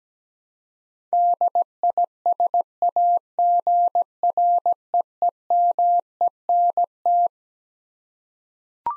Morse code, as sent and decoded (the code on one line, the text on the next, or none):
-.. .. ... .- --. .-. . . -- . -. -
DISAGREEMENT